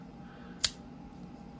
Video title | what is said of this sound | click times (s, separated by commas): Twosun TS195 & TS267 First Impressions | It doesn't snap out of there. It just kind of locks up. Here, you can listen. | 0.6 s